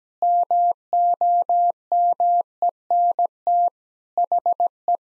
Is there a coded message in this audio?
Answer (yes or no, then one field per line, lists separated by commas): yes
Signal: Morse code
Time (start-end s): 0.2-5.0 s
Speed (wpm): 17 wpm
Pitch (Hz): 700 Hz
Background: none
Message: MOMENT HE